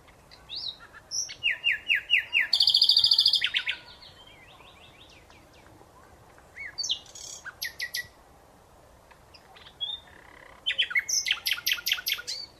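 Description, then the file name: Common nightingale singing separated phrases: a run of repeated chirps into a dense rattling trill, a short varied phrase, then another fast series of repeated notes. "Luscinia megarhynchos"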